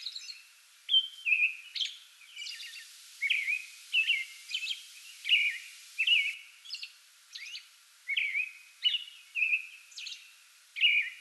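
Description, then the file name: American robin song, a lively run of caroled phrases and thin high notes, nearly continuous throughout. Pre-dawn song bout, 8 May 2022. "2022-05-08 American Robin pre-dawn song bout"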